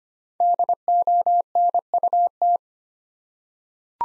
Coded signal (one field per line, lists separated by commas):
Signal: Morse code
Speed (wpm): 25 wpm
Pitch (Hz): 700 Hz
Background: none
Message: DONUT